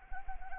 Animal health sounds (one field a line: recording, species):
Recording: mosquito wingbeat signal from an infrared sensor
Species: Anopheles arabiensis